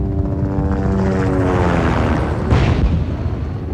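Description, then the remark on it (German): Israeli military helicopters flying by hills south of a camp, a loud, steady roar of rotors and engines with a droning low hum and a rushing surge partway through. “Die Hubschrauber hatten sich hinter den Hügeln südlich des Lagers verschanzt.”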